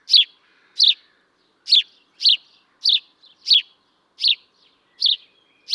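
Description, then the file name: House sparrow calling with a series of bright chirps, roughly one every half to one second, some with faint trailing notes in between. "Passer domesticus"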